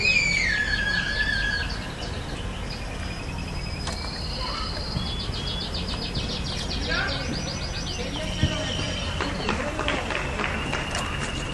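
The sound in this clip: Canary song of mixed trills, descending whistles and rapid rattling phrases, delivered continuously over a steady background hiss.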